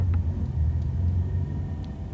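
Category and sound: vehicle, car driving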